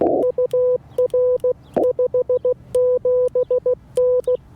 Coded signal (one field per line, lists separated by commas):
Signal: Morse code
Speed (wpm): 16 wpm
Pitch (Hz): 500 Hz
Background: none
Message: UR 57N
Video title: I'm no POTA expert, but I did activate a Holiday Inn Express!!!